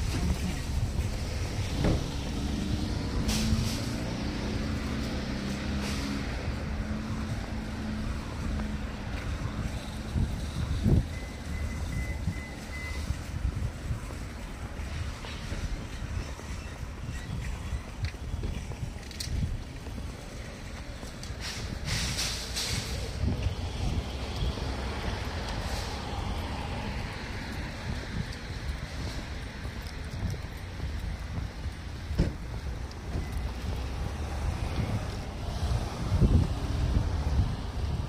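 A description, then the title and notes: Someone walks from a bottle return to a store's customer service desk and back out to a truck. A steady low rumble runs throughout, broken by scattered clicks, knocks and rustling. A brief thin tone sounds around the eleven-second mark. Bottle Return Sounds. Walking from the bottle return up to cash out at the customer service desk then back to my truck.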